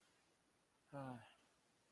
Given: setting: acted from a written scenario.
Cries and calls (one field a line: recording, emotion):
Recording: vocal sound without words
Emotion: shame